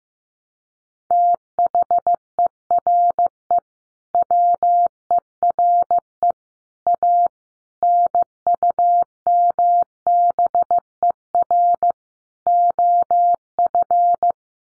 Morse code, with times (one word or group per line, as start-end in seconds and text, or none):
1.1-3.6 THERE
4.1-6.3 WERE
6.9-7.3 A
7.8-11.9 NUMBER
12.5-14.3 OF